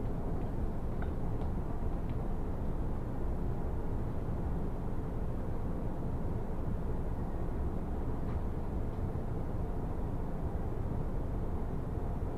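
A train on the move, heard as a steady, dense low rumble that holds an even level throughout. Faint short ticks or squeaks rise above the roar a few times, near the start and again around eight to nine seconds.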